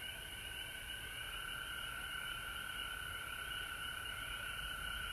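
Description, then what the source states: Dense frog chorus of overlapping trills, a constant shimmering drone with no breaks from start to finish. Frogs recorded at home in Georgia on March 19, 2020.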